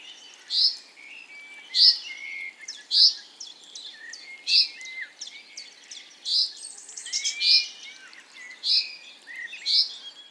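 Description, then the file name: Common chaffinch calls: short, bright high notes repeated roughly once a second, with fainter chirps between. "Fringilla coelebs"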